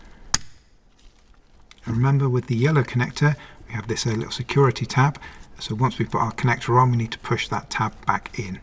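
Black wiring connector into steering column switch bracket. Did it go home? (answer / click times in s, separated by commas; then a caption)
yes / 0.3 s. A black wiring connector is pushed onto the plastic switch bracket on the steering column of a 2005–2015 Audi Q7 (4L) during an indicator stalk replacement. It seats with a sharp, loud click at 0.3 s, followed by a few faint handling sounds. From about 1.9 s someone talks.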